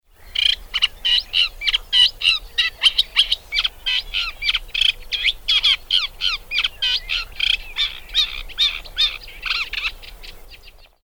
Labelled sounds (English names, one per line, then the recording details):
Eurasian Reed Warbler
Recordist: Tembrock, Günter
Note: Gesang